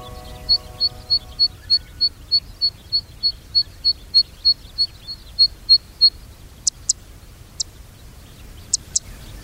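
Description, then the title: Zitting cisticola giving a run of high, clipped 'zit' notes at a regular pace for about six seconds, then a few sharp, high clicking ticks. Recorded in Nagareyama, Chiba Prefecture, Japan. "千葉県流山のセッカ"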